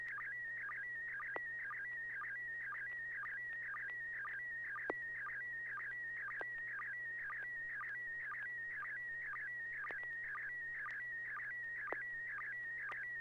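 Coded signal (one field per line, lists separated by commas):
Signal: SSTV (slow-scan television)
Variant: PD120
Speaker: okay let's give it a try Piggy 120.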